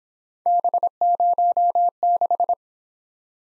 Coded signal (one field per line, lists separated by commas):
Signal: Morse code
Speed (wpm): 27 wpm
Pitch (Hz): 700 Hz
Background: none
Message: B06